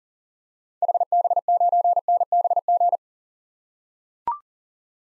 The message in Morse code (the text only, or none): HB9NBG